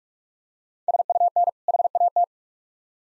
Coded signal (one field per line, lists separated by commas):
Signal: Morse code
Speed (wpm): 45 wpm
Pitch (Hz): 700 Hz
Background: none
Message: SUN HAT